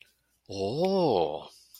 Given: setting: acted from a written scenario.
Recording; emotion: vocal sound without words; awe